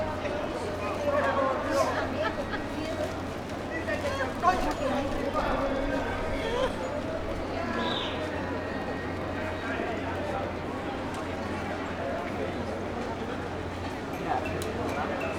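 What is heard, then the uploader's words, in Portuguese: A short walk through Puerta del Sol, with a steady crowd of voices talking all around and no pauses. A low constant hum runs underneath, and scattered clicks, footsteps and brief brighter sounds rise out of the chatter, one around eight seconds. Pequeno percurso na Puerta del Sol.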